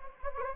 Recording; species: mosquito wingbeat signal from an infrared sensor; Anopheles gambiae